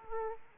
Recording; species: mosquito wingbeat signal from an infrared sensor; Aedes aegypti